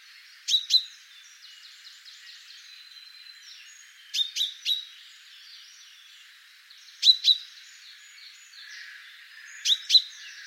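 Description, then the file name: Common chaffinch calling with clipped, emphatic notes in doublets and a triplet, spaced a few seconds apart, while other birds twitter faintly behind. "Fringilla coelebs"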